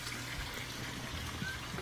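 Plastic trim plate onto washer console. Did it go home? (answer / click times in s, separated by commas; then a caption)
no / none. Plastic trim plates are handled as they go back onto a washing machine console, over a steady, trickle-like background noise with no distinct impacts. Nothing has seated or clicked yet; the clip ends just before the plate goes home.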